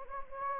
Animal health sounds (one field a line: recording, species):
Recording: mosquito wingbeat signal from an infrared sensor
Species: Anopheles gambiae